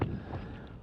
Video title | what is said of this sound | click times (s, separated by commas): Trailer Safety Tip 1 -Summer 2022 | but you're clipped above the ball and it didn't lock in so it's always important to check to make sure | 0.0 s